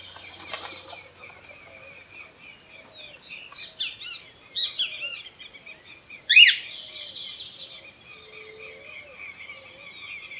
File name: cockatiel nymphicus hollandicus